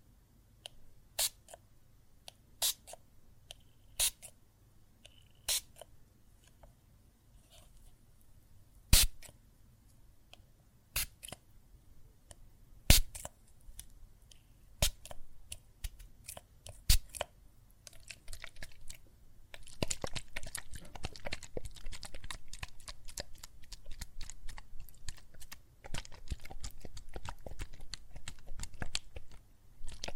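Soap foam and water crackle with scattered sharp pops and small ticks for the first twenty seconds, some louder snaps around nine and thirteen seconds. After about nineteen seconds the popping thickens into a dense, continuous fizzing crackle over a faint low hum.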